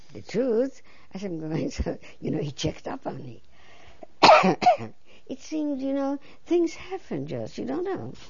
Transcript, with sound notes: the truth. I said, you know, he checked up on me. ( she coughs ) It seemed, you know, things happened, just, you don't know.